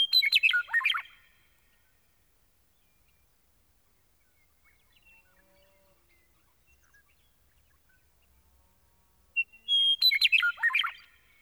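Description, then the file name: Meadowlark singing two phrases several seconds apart, each a dense, tumbling warble, the second opening with a brief whistle, with near silence between them. "Gordon Hempton - Meadowlark"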